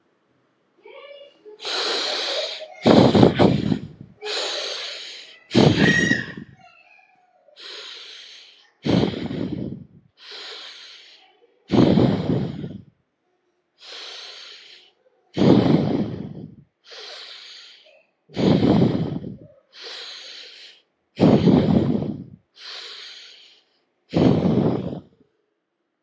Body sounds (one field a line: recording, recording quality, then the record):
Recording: deep breathing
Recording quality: excellent, no background noise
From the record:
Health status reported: healthy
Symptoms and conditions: cough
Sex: male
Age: 40 years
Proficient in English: yes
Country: India